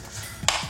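A clip on the bottom cover of an HP ZBook Fury 17 G8 laptop is pressed into the chassis while working around the cover's edge. A short, sharp click sounds at 0.5 s as the clip seats home, preceded by soft low handling noise.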